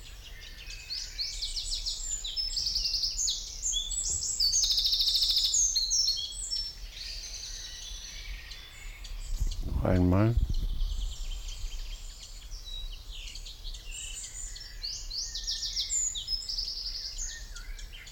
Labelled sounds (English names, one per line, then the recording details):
Eurasian Wren
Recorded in the wild
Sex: male
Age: adult
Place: Kremmen, Brandenburg, DE
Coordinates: 52.76, 13.03
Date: 1995-06-03 12:09
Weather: heiter, 18°C
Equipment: Marantz CP 430, Sennheiser ME 80, Kopie Uher 4000 Report Monitor
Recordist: Tembrock, Günter